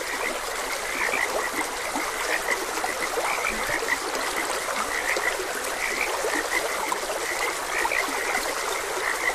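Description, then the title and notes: Many frogs call at once, a constant band of rapid croaks with occasional louder notes, accompanied by flowing, trickling water. Frogs croaking beside a gentle stream. "Gentle Stream and Frogs Croaking. Sleep and Relaxation Podcast"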